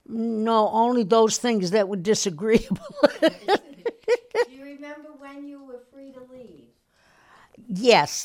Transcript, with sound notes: No, only those things that were disagreeable! [Laughs]
Do you remember when you were free to leave?
Yes.